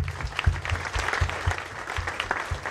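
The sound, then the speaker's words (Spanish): An audience at the 25th anniversary celebration of Radio Vizcanal applauds Radio Vizcanal, ARPAS and the fighters of the people, a dense wash of many hands clapping with a few sharper individual claps standing out, sustained at an even, moderately loud level with no talking. “Así que a Radio Vizcanal, a ARPAS y a todos nuestros hermanos luchadores y luchadoras, un aplauso, por favor.”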